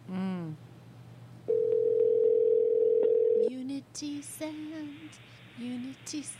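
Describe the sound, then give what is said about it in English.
A phone line rings once for an unanswered call, a steady, mid-pitched electronic tone lasting about two seconds, followed by people talking over a faint background hum. “We're gonna give out your email if you do not answer your phone.”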